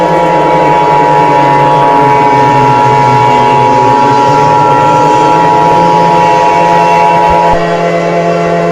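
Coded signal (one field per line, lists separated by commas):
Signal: Emergency Alert System (SAME) tones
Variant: 853 and 960 Hz attention tone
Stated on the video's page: Fictional EAS scenario about dinosaurs, not a real alert.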